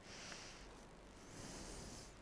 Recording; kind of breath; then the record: one breath in and out by a microphone near the nose and mouth; deep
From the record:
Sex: female